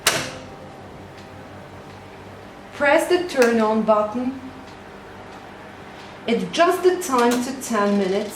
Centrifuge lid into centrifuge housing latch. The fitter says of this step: close the lids to hear the click press